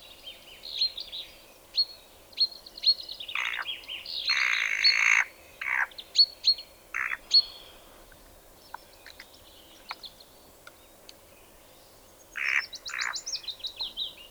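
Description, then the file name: Spotted nutcracker song, a rambling sequence of thin whistles, clicks and a long harsh grating note, then quieter twitters and a closing rasping flurry. "Tannenhäher Gesang"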